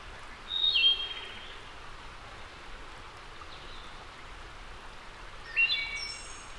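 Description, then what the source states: Wood thrush song: a flutey whistled phrase, a pause of about five seconds, then another phrase ending in a high silvery trill, over background hiss. Labelled as a return.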